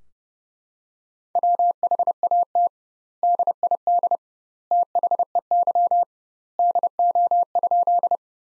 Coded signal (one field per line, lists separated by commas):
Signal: Morse code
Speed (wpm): 30 wpm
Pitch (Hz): 700 Hz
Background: none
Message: WHAT DID THEY DO?